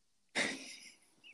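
A single sudden hissing burst that fades over about half a second: one sneeze from a mother in the background.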